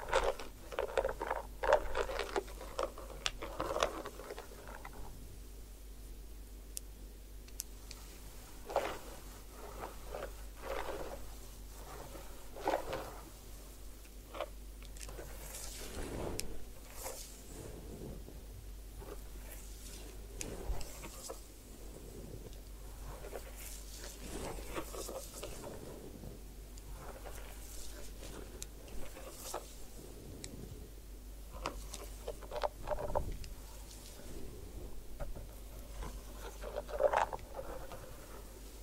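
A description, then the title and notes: A head spa hair wash, with wet rubbing and scrubbing sounds that come in irregular bursts throughout. Brief sharp crackles and swishes stand out, especially near the start and around fifteen to twenty seconds, over a low steady hum. Head Spa Hair Wash, Massage, Ear Cleaning.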